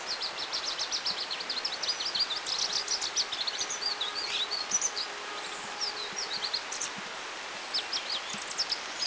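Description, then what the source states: Pallas's leaf warbler song, high-pitched rapid trills and sharp whistled phrases repeated throughout, over constant environmental noise. Recorded in China on 5 March 2010.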